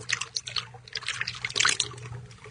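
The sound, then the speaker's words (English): Blood is poured out in a ritual in a steady, splashing trickle that swells into a louder gush partway through, with a low hum underneath and no talking. “By the prince of the air, by the little spirit, come to the virgin blood we pour for you.”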